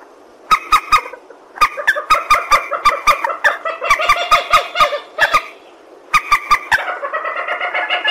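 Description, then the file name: Purple swamphen giving a rhythmic series of harsh nasal notes with sharp clicks, pausing briefly, then resuming in a denser cackle. "tieng trich re keu"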